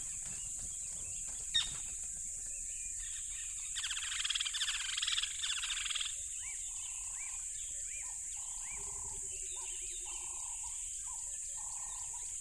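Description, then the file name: Crickets buzz continuously at high pitch; a sharp sound, a burst of harsh chatter, then repeated lower notes and a short pulsed trill. Loud crickets by a tropical river. "smartsound ATMO NATURE Tropical River Loud Crickets"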